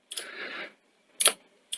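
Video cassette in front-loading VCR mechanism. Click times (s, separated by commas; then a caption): 1.2 s. A Betamax cassette is pushed into the repaired front-loading mechanism of a Sony SL-C30 in standby, where a misaligned gear that actuates one of the microswitches was fixed, and both microswitch clicks are needed for correct loading. A rustling slide is heard from about 0.1 to 0.7 s, then a sharp click at 1.2 s and another short click at the very end near 1.7 s. The cassette seats with its two clicks.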